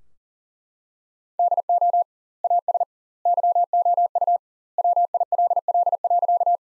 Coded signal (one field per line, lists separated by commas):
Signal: Morse code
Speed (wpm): 40 wpm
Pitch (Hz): 700 Hz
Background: none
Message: DO AS YOU WILL.